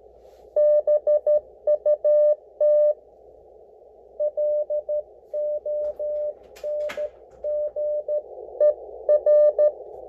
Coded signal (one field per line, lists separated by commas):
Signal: Morse code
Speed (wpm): 12 wpm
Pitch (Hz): 600 Hz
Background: radio noise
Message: BUT LONGER